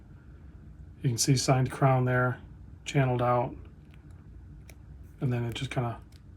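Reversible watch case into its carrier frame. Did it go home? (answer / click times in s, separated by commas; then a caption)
no / none. The reversible case of a Vario Versa Dual Time Reverso-style quartz watch is handled in its carrier frame, flipped in the cradle and worked back toward its locked position. Someone talks in short bursts, with a few faint, brief ticks in the quiet gaps between. The case has not locked in yet, and nothing has seated or clicked.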